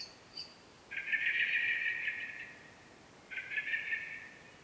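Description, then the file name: Common blackbird giving two drawn-out, rasping chatter bursts after a couple of brief, thin high notes. "Turdus merula"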